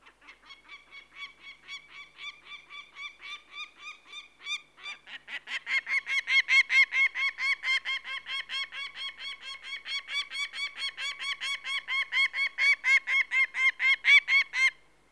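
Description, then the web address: Peregrine falcon: a quieter string of harsh notes for several seconds, then a louder rasping kak-kak-kak chatter continuing strongly until near the end. "BBC Sound Effects Library. Peregrine Falcon"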